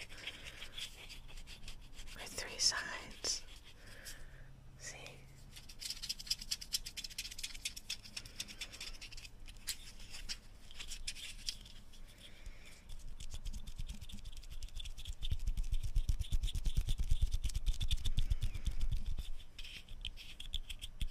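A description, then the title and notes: Office objects are handled, with scratching, scraping and clicks, then a denser low rumbling rattle near the end. ASMR office stuff object exploration. Lid sounds, scratchy tapping.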